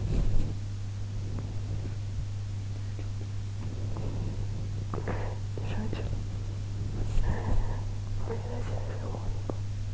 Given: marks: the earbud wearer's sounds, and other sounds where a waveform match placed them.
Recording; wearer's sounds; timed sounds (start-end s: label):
sounds in sleep by an in-ear microphone; body movement
0.00-9.65 s: body movement